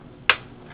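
A poker or small screwdriver is pushed into a small hole on an Xbox 360 DVD drive casing to release a plastic retaining clip. A single sharp click sounds at 0.3 s over a low, steady background and fades within about a tenth of a second. The clip clicks open and is released.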